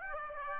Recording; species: mosquito wingbeat signal from an infrared sensor; Aedes aegypti